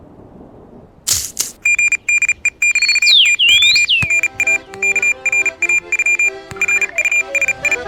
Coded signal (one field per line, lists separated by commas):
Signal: Morse code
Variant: Russian alphabet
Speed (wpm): 36 wpm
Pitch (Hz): 2400 Hz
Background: none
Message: ГДЕ-ТО НА КРАЮ РУСИ